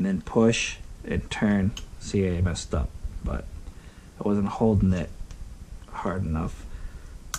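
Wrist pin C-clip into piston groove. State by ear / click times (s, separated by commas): seated / 7.3 s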